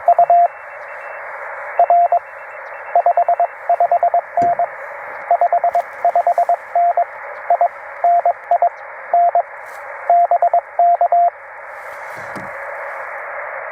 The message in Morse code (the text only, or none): UR 55N 55N I NI N BK